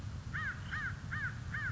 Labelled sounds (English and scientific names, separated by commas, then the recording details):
American Crow (Corvus brachyrhynchos)
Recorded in Sonoma County, California